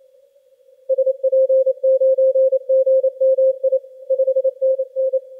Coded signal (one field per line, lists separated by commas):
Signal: Morse code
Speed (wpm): 28 wpm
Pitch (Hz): 530 Hz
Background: none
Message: SP9GMI 5NN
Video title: CY0S Sable Island 2023 - 10 CW